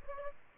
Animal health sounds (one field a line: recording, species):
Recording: mosquito wingbeat signal from an infrared sensor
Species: Aedes aegypti